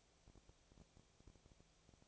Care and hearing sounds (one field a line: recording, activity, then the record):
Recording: daily activity, microphone in the room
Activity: no activity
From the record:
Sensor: 1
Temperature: 19.6 degrees Celsius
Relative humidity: 36.5%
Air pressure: 996.9 hPa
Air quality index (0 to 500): 204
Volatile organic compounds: 128 ppm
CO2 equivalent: 3916 ppm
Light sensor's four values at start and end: 1/2/1/1 and 1/2/1/1